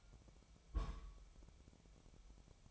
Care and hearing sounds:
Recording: daily activity, microphone in the room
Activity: place on stove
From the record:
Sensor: 1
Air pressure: 999.3 hPa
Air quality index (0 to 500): 202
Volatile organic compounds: 44 ppm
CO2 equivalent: 3206 ppm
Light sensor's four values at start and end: 9/22/8/9 and 9/22/8/9

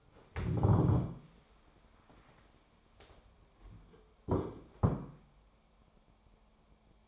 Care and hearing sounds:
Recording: daily activity, microphone in the room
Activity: stand up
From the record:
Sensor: 1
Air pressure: 1015.2 hPa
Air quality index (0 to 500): 190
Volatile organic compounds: 19 ppm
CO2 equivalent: 2652 ppm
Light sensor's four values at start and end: 12/30/12/13 and 12/29/12/13

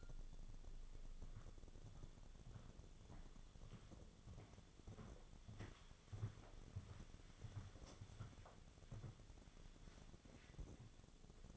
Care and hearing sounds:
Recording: daily activity, microphone in the room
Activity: walk to room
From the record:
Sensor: 4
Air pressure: 1000.8 hPa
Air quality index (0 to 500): 118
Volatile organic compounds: 1 ppm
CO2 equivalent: 898 ppm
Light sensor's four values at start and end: 62/153/65/71 and 59/145/62/67

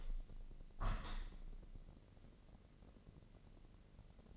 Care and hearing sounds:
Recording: daily activity, microphone in the room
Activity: open window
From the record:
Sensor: 4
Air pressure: 1013.2 hPa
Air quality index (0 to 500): 172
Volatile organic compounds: 2 ppm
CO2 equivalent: 1083 ppm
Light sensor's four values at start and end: 69/172/72/74 and 65/161/66/70

